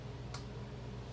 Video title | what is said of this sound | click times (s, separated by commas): Building Custom MSD Plug Wires | clicked in place the same thing with the coil wire there | 0.3 s